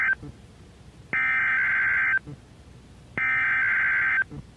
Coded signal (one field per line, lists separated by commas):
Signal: Emergency Alert System (SAME) tones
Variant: header bursts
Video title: EAS #2,510-2,512 Required Weekly Tests 2/11/26